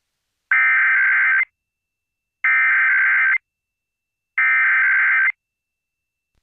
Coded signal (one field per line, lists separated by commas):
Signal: Emergency Alert System (SAME) tones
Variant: header bursts